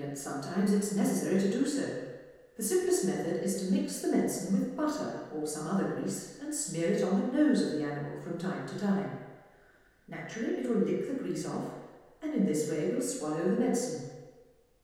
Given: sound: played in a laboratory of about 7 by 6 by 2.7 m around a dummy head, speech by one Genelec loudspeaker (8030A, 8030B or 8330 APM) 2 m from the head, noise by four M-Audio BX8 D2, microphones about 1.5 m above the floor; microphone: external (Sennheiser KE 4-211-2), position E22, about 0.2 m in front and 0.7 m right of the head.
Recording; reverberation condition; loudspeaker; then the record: female speech in English; high; 60 degrees to the left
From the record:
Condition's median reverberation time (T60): about 1300 ms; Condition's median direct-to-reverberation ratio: about -4.0 dB